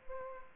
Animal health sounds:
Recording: mosquito wingbeat signal from an infrared sensor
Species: Aedes aegypti

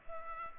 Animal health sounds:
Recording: mosquito wingbeat signal from an infrared sensor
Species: Culex pipiens

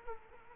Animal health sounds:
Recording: mosquito wingbeat signal from an infrared sensor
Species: Culex quinquefasciatus

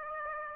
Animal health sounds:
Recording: mosquito wingbeat signal from an infrared sensor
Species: Aedes aegypti

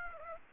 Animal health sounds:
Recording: mosquito wingbeat signal from an infrared sensor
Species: Aedes aegypti

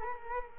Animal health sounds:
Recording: mosquito wingbeat signal from an infrared sensor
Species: Culex quinquefasciatus

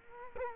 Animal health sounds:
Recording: mosquito wingbeat signal from an infrared sensor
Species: Culex quinquefasciatus

